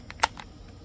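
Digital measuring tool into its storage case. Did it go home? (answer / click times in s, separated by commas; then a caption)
yes / 0.2 s. A REEKON M1 Caliber digital measuring tool, with its part retracted, is pressed into its fitted storage case. A faint tick comes at 0.1 s, then a sharp, bright click at 0.2 s as it snaps into place, followed by a softer tick at 0.4 s. The tool is seated in the case.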